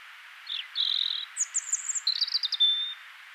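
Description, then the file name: European robin song, one unbroken phrase: a short slurred note, a buzzy warble, a high thin whistle, then fast tinkling notes ending on a level whistle. "Erithacus rubecula"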